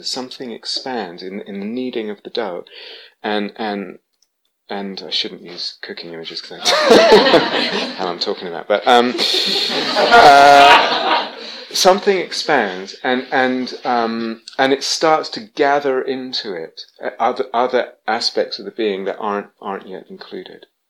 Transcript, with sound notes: Something expands in the kneading of the dough. I shouldn't use cooking images, because I don't... [laughter] I don't know what I'm talking about. [laughter] Something expands, and it starts to gather into it other aspects of the being that aren't yet included.